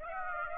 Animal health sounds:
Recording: mosquito wingbeat signal from an infrared sensor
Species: Aedes aegypti

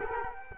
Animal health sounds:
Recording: mosquito wingbeat signal from an infrared sensor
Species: Culex quinquefasciatus

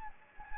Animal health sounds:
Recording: mosquito wingbeat signal from an infrared sensor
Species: Anopheles gambiae

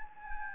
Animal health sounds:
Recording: mosquito wingbeat signal from an infrared sensor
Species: Anopheles gambiae

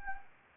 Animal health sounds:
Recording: mosquito wingbeat signal from an infrared sensor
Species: Anopheles gambiae

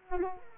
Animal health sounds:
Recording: mosquito wingbeat signal from an infrared sensor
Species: Culex quinquefasciatus

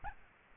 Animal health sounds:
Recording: mosquito wingbeat signal from an infrared sensor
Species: Aedes albopictus

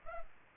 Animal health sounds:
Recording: mosquito wingbeat signal from an infrared sensor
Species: Culex pipiens

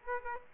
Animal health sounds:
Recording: mosquito wingbeat signal from an infrared sensor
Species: Aedes aegypti

